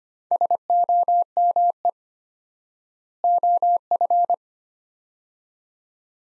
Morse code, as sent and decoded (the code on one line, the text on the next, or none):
... --- -- . / --- ..-.
SOME OF